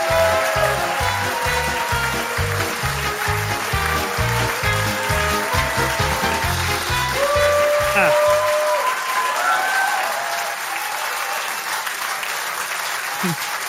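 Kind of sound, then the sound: crowd, audience applause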